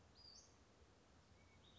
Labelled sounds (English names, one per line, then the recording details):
Western Flycatcher
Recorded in Sonoma County, California